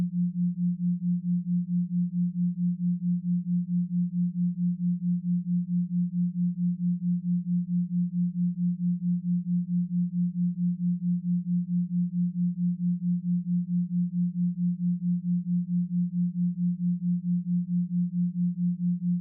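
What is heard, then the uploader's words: A steady low tone around 174Hz hums without change, pulsing in a rapid, even beat of about four and a half throbs per second. 4.5Hz Theta Binaural Beat & 174Hz Tone. 4.5Hz Theta Binaural Beat paired with a 174Hz Carrier Tone.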